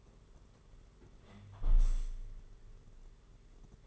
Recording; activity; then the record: daily activity, microphone in the room; close window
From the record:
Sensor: 4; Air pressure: 992.1 hPa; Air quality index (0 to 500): 102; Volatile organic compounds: 13 ppm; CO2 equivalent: 2400 ppm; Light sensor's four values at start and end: 23/78/28/30 and 22/77/28/30